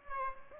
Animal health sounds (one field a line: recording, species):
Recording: mosquito wingbeat signal from an infrared sensor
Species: Aedes aegypti